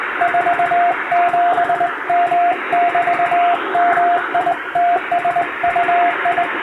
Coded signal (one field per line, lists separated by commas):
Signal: Morse code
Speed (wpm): 20 wpm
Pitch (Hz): 700 Hz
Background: radio noise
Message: 47M<BT>MITSUI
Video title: 【モールス教室毎日開催中！】第１級無線通信士が打つ綺麗な手打ち欧文モールス信号です。アマチュア無線ハムの練習にもどうぞ(morse code practice radio operator )